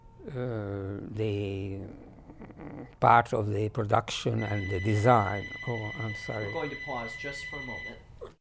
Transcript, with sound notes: the part of the production and the design. [Phone rings]
We're going to pause just for a moment.